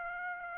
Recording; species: mosquito wingbeat signal from an infrared sensor; Aedes albopictus